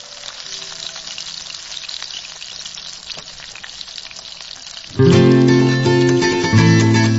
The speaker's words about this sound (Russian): Он собрал большую кучу хвороста и разжег костер. Зажарю-ка я рыбку.